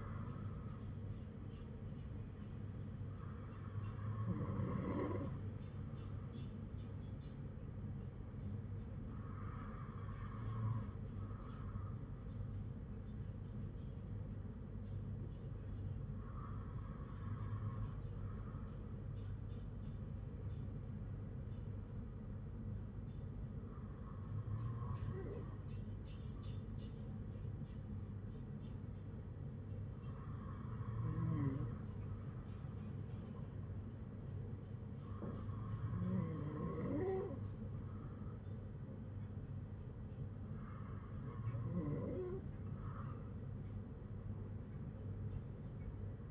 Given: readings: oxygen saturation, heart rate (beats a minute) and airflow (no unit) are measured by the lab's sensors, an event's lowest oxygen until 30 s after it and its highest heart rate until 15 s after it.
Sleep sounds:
breathing in sleep by a smartphone at the bedside; none
none scored
From the record:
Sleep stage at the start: N2 (light sleep); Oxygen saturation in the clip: 94 to 97%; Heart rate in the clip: 52 to 58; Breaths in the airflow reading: 8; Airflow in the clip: -7.4 to 3.4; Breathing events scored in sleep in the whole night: 182 in 7.4 hours asleep

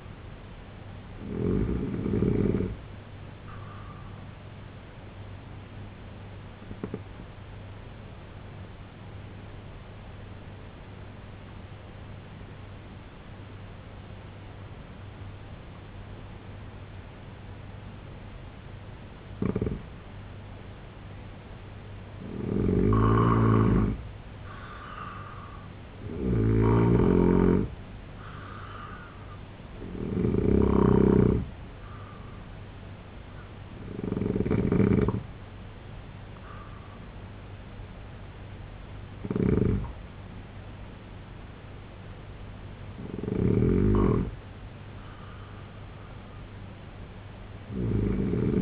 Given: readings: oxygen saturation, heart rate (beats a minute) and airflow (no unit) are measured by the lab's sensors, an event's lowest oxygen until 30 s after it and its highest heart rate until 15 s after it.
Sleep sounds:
breathing in sleep by a voice recorder at the bedside; 1
7.00-22.60 s: obstructive apnea (N1, oxygen 93% highest, then 85% lowest, heart rate 68 at the start, 83 highest)
11.00-48.62 s: new sleep stage, N2 (light sleep)
From the record:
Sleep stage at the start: N1 (lightest sleep); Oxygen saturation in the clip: 82 to 93%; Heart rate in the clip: 64 to 83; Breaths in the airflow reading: 6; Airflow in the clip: -4.3 to 6.7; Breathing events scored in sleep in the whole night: 258 in 7.4 hours asleep

